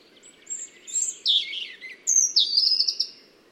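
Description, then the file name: European robin song phrase of thin high whistles and fast warbled notes, sliding down then jumping up into a rapid trill, against a quiet background. "Erithacus rubecula"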